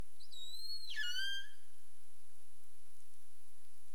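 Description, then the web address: Humpback whale making one short harmonic whine that sweeps steeply downward, over steady low underwater noise. Recorded 27 April 2035 at about 22:11 UTC. "CARIMAM. humpback whale 20350427 221131 UTC"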